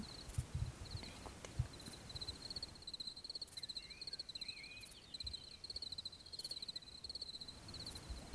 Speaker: Je trouvais qu'on n'entendait presque plus rien, sauf des petits insectes.